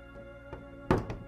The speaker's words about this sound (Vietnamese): Bỗng ở bên ngoài có tiếng gõ cửa nhẹ nhẹ.